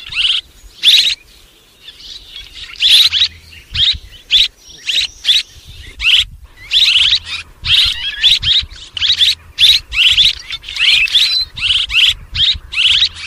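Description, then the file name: Swallow twittering: rapid bursts of high, sharp chirps, pausing briefly near the start, then chattering almost continuously. "Tieng en nguc ran en vang"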